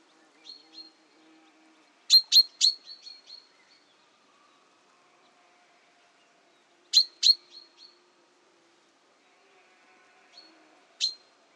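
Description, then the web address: Common chaffinch calling in bright, sharp chips grouped in short bursts of two to seven, the bursts separated by several seconds of quiet. "Deverinetal 2025 File origin Bird Only Fr Co"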